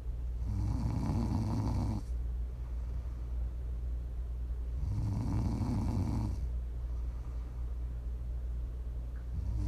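Two full low, rumbling snores on inspiration, each about 1.5 seconds long, with a third just starting. They come roughly every 4.5 seconds, about 13 breaths a minute, separated by quiet exhalation. This is steady, rhythmic sleep snoring from an adult, offered as ASMR for sleep and relaxation.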